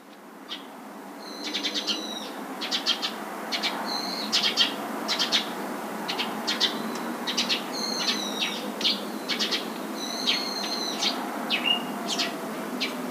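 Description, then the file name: Eurasian tree sparrow chirping, clusters of sharp high notes and brief flat tones in an uneven stream, starting softly then continuing over a constant low hiss. "suzume"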